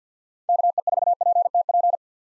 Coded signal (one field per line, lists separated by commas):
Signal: Morse code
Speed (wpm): 45 wpm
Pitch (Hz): 700 Hz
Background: none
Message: KE4PTP